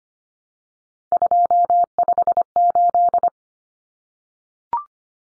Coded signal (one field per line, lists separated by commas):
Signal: Morse code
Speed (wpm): 25 wpm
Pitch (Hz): 700 Hz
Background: none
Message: 258